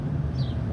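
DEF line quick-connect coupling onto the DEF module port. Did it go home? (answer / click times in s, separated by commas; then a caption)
no / none. A plastic quick-connect coupling on a DEF line is handled at the DEF module port of a 2013 Freightliner M2 with a Cummins engine and a DEF leak, as it is pushed back toward its port. A steady low rumble fills the clip, with a faint, brief descending tone near 0.4 s. Nothing has seated or clicked yet.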